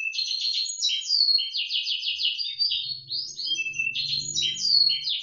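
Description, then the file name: Canary song with rapid rolling trills and quick upward-sweeping notes, phrases changing every second or so; a faint low hum sits underneath in the second half. Indonesian isian moza song style, used for training canaries. "suara kenari isian moza omkicau"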